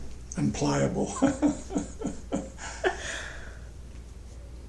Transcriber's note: laughter